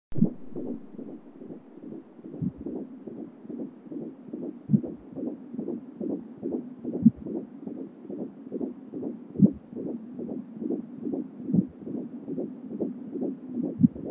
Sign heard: Baby heart beat.